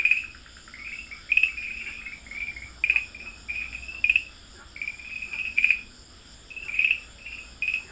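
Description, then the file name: Farmland green tree frog calls: short, high chirping notes in irregular bursts over a steady faint background hiss. Recorded at Dalin, 30 May 2009. "090530 dalin farmland treefrog"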